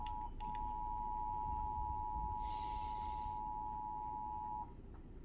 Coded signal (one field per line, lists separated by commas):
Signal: Emergency Alert System (SAME) tones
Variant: 853 and 960 Hz attention tone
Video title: eas #11severe thunderstorm warning